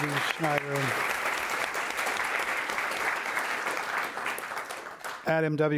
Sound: applause